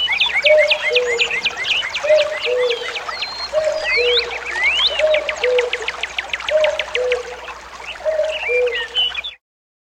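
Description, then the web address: Common cuckoo giving a series of several descending two-note calls against a dense chorus of high chirping songbirds before the sound cuts off. "кукушка"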